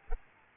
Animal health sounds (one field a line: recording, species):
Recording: mosquito wingbeat signal from an infrared sensor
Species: Aedes albopictus